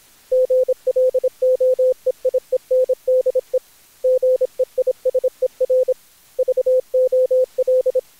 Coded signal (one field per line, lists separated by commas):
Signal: Morse code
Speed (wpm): 20 wpm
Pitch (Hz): 510 Hz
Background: none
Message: GLOEIENDE GEISER VOL